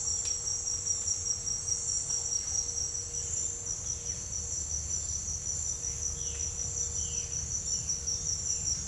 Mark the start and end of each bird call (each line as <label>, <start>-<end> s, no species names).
bird call, 6.15-7.56 s